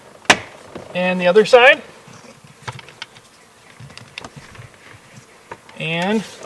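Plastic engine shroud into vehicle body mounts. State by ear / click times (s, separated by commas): seated / 0.3 s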